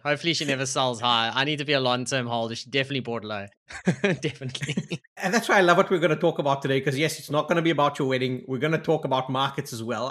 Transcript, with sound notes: Hopefully she never sells high. I need to be a long-term hold. She definitely bought low; definitely [laughs]
[Laughs] And that's why I love what we're going to talk about today. Because yes, it's not going to be about your wedding. We're going to talk about markets as well.